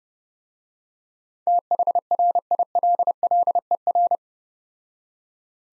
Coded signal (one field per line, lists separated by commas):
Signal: Morse code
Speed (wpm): 30 wpm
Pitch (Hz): 700 Hz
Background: none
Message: THRILLER